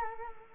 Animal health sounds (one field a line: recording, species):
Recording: mosquito wingbeat signal from an infrared sensor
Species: Culex quinquefasciatus